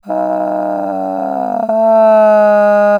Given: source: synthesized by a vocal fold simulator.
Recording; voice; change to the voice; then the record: sustained vowel; female; asymmetry, level 17 of 51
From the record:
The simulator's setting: 2.60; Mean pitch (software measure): 147 Hz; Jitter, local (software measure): 0.96%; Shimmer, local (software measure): 3.4%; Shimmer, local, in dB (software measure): 0.44 dB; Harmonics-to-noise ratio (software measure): 18.7 dB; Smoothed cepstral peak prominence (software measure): 12.8 dB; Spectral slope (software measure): -25.4 dB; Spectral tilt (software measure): -11.8 dB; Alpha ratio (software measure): -15.8 dB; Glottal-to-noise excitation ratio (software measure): 0.941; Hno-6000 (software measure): 2.4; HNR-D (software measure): 27.8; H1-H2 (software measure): 0.5 dB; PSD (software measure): 3.5e-03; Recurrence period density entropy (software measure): 0.106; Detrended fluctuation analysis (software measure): 0.0317